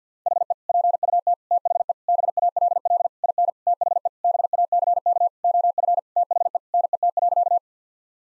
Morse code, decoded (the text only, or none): HE PUT THE BALL IN THE BACK OF THE NET.